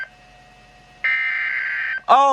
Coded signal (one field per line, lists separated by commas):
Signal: Emergency Alert System (SAME) tones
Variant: header bursts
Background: speech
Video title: EAS compilation #1